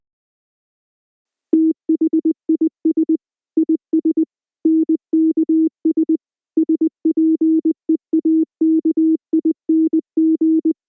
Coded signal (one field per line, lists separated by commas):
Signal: Morse code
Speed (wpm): 20 wpm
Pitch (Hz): 320 Hz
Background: none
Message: THIS IS NKS SPEAKING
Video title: EAS Scenario 2: K-1V0